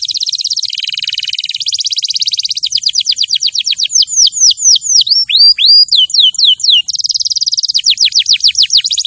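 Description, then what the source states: Canary song: fast buzzy rolls at a steady pace, then a run of high whistled notes sweeping downward, another rapid trill, and more downswept whistles. Champion canary song used as a master recording for training other birds to sing.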